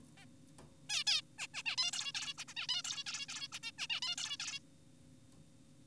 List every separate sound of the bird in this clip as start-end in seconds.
0.18-0.26, 0.90-1.04, 1.07-1.22, 1.38-1.47, 1.54-1.63, 1.66-1.76, 1.78-1.91, 1.93-2.12, 2.15-2.34, 2.38-2.44, 2.48-2.54, 2.57-2.67, 2.69-2.82, 2.85-3.04, 3.06-3.26, 3.29-3.48, 3.52-3.59, 3.63-3.72, 3.78-3.87, 3.90-4.00, 4.02-4.16, 4.18-4.37, 4.40-4.59